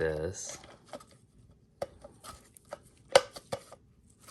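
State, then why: Seated. Someone talks briefly while the plastic inner cone of a yellow jacket trap is slid back onto the tab channels of the trap body. Small plastic taps and scrapes follow, and the cone snaps into place with a sharp click at 3.2 s, seating it.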